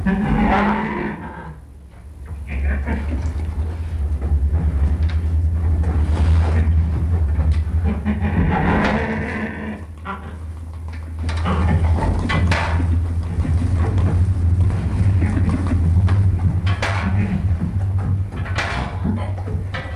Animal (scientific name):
Helarctos malayanus